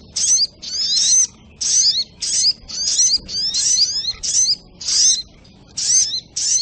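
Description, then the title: High-pitched Crimson Sunbird song: quick bursts of squeaky, sweeping notes, roughly ten phrases separated by brief silences. Labaik song style. "Masteran Burung Sogok Ontong Labaik"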